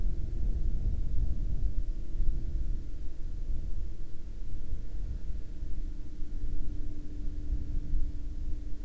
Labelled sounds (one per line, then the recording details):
wind
aircraft
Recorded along the Dalton Highway, Alaska, on 31 March 2019 at 02:53
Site 09